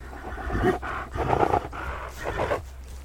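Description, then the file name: Horse snorting: three breathy, rumbling bursts of air about a second apart, each rough and noisy. "ANIMAL HORSE SNORTING"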